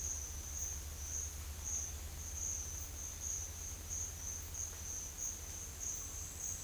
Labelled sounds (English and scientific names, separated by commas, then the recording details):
none
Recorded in pastures near Puerto Asís, Putumayo, Colombia, on 30 June 2025 at 11:00
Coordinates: 0.502, -76.324
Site G010